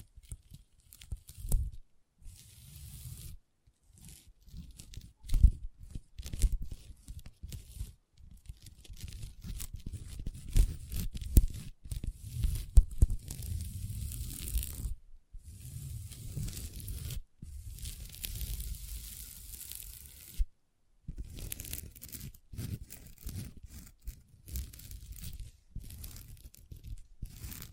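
Long nails scratch and tap across a table in a busy, irregular stream of rasping strokes with a dull low thud underneath. Short gaps break the scratching around 3, 15 and 21 seconds, and sharper taps stand out near 5 and 13 seconds.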